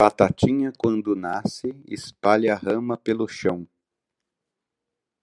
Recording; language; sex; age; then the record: short text; Brazilian Portuguese; male; 50 to 59 years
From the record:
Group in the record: control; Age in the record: 54 years